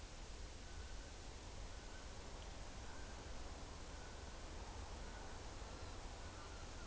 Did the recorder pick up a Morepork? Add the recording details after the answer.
no. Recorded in New Zealand on 11 September 2013. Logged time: 02:19. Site Ponui